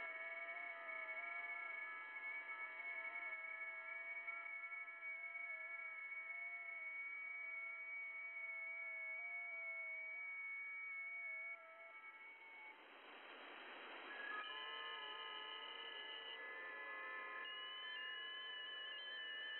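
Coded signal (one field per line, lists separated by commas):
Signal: FT8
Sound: several steady warbling tones together, a brief hiss pause, then new tones start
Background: radio static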